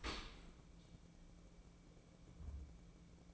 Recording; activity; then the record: daily activity, microphone in the room; open dishwasher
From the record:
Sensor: 1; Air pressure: 1012.4 hPa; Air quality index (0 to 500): 172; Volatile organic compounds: 3 ppm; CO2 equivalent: 1402 ppm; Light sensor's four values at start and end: 324/734/327/356 and 323/731/325/354